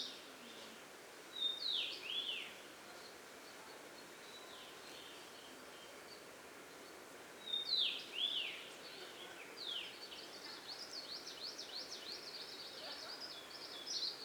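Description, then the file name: Two-barred warbler song: two separate slurred, high, wavering phrases several seconds apart, then a longer zigzagging trill-like run, rather faint against a constant background hiss. "plumbeitarsus song"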